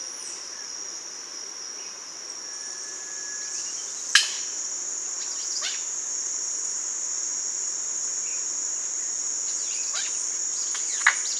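Bird calls: scattered sharp descending whistle strokes and faint chips against a constant shrill insect drone.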